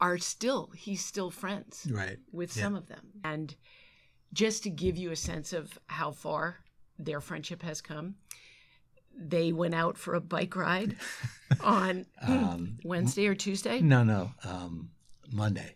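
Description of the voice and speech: An adult woman speaks fluently at a conversational pitch, with normal pauses and one natural self-correction.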